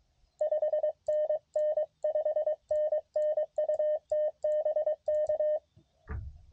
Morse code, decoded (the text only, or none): 5NN 5NN UT BK